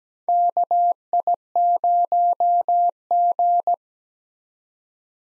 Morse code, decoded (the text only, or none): KI0G